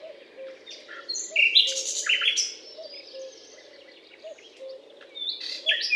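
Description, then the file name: Common nightingale singing varied, scratchy and whistled phrases in short bursts, with faint low notes repeating steadily behind. Recorded on a limestone hill, Butte calcaire de Gratacap, France, on 19 May 2012. "rossignol philomele Butte calcaire de Gratacap"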